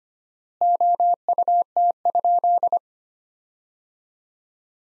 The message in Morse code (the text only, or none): OUT?